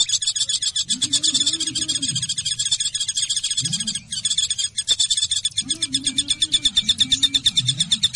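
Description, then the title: Java sparrow song, a fast run of high clicking, bell-like notes with brief pauses; a low humming tone rises and falls underneath. "kicau gelatik"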